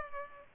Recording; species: mosquito wingbeat signal from an infrared sensor; Culex pipiens